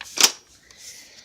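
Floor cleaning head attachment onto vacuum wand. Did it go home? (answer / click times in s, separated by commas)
yes / 0.0 s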